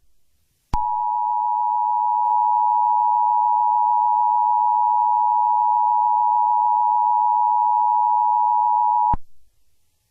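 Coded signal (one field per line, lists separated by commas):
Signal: Emergency Alert System (SAME) tones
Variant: 853 and 960 Hz attention tone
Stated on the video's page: Simulated EAS scenario, not a real alert.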